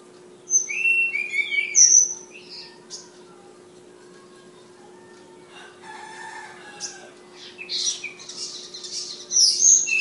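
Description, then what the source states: Flowerpecker song opens with high whistles and slurs, falls quiet for several seconds of faint scratching, then returns with busy high twittering; low hum throughout. Tledekan named Ababil, from Kudus, singing in sulingan (flute-like) style.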